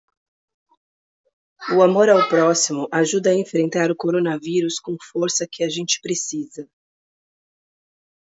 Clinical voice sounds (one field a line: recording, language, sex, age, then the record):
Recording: spoken sentence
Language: Brazilian Portuguese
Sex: female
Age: 30 to 39 years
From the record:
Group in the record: control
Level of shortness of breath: 0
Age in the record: 39 years